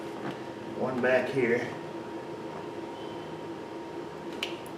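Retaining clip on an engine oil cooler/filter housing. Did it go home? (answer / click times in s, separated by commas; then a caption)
yes / 4.4 s. Someone talks while reconnecting one of the two retaining clips at the back of an engine oil cooler/filter housing on a Dodge/Chrysler/Jeep 3.6 V6 during a housing replacement. A sharp click at 4.4 seconds shows the clip snapping into place on the housing, seated.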